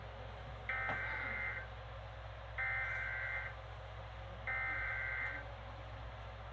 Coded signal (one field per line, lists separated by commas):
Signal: Emergency Alert System (SAME) tones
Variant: header bursts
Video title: FFW on 11 stations and FFS on WDGG (6/15/25) EAS 3049-3061